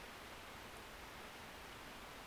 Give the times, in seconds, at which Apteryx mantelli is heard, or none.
none